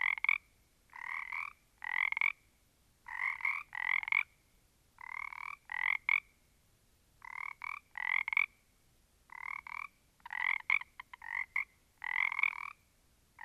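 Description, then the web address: Frogs croaking in short, harsh bursts separated by silent gaps. A small group of frogs. "static audio olofonia Small Group of Frogs"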